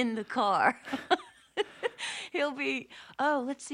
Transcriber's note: laughs